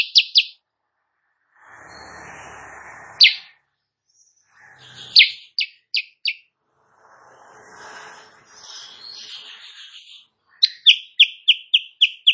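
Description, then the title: Sooty-headed bulbul song: short bursts of high chirps broken by pauses with soft background noise, ending in a quick run of repeated notes. Actively singing ('gacor') in the morning, used as master audio for training songbirds; said to provoke other birds into answering. "Masteran Kutilang Sutra. Kutilang Sutra GACOR pagi hari bikin lawannya AUTO NYAUT"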